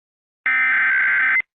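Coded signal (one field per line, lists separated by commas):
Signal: Emergency Alert System (SAME) tones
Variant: header bursts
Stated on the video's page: Remake of an EAS alert using an older synthesized voice.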